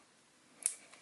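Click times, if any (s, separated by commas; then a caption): 0.7 s. A 3.5 mm headphone plug on wired earbuds is pushed with a little effort into the socket of a Lightning-to-3.5 mm adapter. One sharp, bright click is heard at 0.7 s over quiet background noise, followed by a faint tick near 0.9 s. The plug seats in place.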